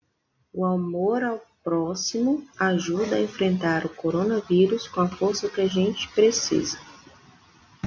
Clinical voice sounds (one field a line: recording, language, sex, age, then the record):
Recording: spoken sentence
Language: Brazilian Portuguese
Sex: female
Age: 30 to 39 years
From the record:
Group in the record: control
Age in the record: 35 years